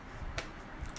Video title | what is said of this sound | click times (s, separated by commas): Visuo XS812 GPS / MJX X708P / KF607 Drone Presents From JD Quad | a nice click an action on the legs just like | 0.4 s